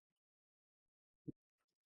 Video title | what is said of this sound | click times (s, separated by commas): How to Prep the Yarbo Autonomous Yard Robot Robot for Spring Lawn Mowing | There, just need to lift it up a little bit to get it to click into place. | 1.3 s